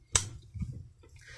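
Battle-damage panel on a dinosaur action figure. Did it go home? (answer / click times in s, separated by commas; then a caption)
released / 0.2 s. A hinged plastic battle-damage panel on a Jurassic World Dominion Battle Damage Allosaurus action figure is lifted open to expose the soft, squishy insides. It releases with a sharp, loud snap at 0.2 s, loud enough to sound like something broke, though the panel has simply opened as designed. A few faint handling rustles follow.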